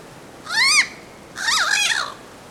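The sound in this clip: Bird uttering two loud harmonic calls: first an arched squeal, then a longer wavering, grating cry.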